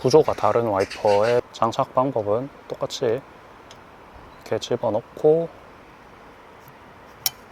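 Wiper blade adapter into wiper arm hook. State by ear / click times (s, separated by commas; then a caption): seated / 7.3 s. A wiper blade, already hooked onto the wiper arm, is pushed upward until its plastic adapter locks into the arm's hook. Someone talks for the first few seconds, then after a quiet stretch a single sharp click is heard at 7.3 s. The blade is seated on the arm.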